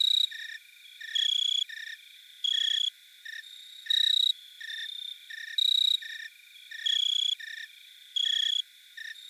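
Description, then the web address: Jumping bush cricket chirps: short, bright, high-pitched bursts repeated throughout, some louder and some softer. "Crickets and Katydids. Jumping Bush Cricket, Orocharis saltator"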